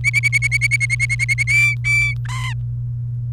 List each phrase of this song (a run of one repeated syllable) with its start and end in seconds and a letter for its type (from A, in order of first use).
0.04-1.43 A, 1.47-2.14 B, 2.25-2.54 C